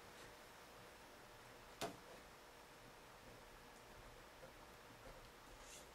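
On an RC boat model, after the belt pulley is fitted, the pulley shaft is pushed back down into its housing on the drive. A single sharp snap at 1.8 s marks the shaft seating in place, against a quiet, steady background. No one talks.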